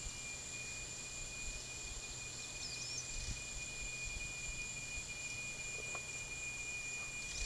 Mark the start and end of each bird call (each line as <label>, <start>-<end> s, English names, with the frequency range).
Palm Tanager (3.0-7.8 kHz), 2.35-3.02 s